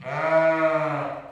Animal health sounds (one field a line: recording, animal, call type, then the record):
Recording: contact call of a hoofed animal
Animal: sheep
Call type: low-frequency (closed-mouth) or high-frequency (open-mouth) call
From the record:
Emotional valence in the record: positive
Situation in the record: reunion with pen mate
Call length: 1.31 s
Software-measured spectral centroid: 1420 Hz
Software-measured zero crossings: 1710 a second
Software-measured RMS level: -23 dBFS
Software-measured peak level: -10 dBFS